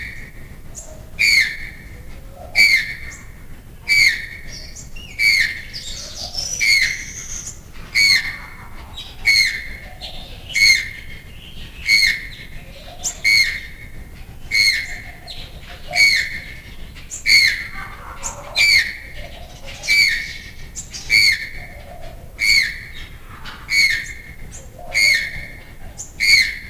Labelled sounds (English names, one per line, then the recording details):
Channel-billed Toucan call
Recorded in captivity
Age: adult
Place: Zoo Berlin, Berlin, DE
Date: 2002-01-03 10:04
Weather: sonnig, -6°C
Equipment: Marantz CP 130, Sennheiser MKH 416, Kopie Uher 4000 Report Monitor
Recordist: Tembrock, Günter
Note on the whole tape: Rufreihe